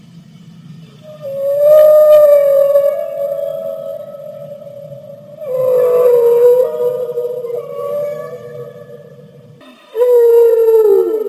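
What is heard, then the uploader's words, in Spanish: Whale calls sound in long, drawn-out moans that rise, hold and fall, starting near 1 second, again around 5.5 seconds, and once more near 10 seconds. Each call is fairly loud and tonal with faint higher overtones, over a low rumbling underwater background. Sonidos de ballenas. El sonido lento de los ruidos relajantes de las ballenas.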